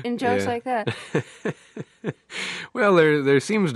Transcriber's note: laughter